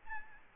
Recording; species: mosquito wingbeat signal from an infrared sensor; Aedes albopictus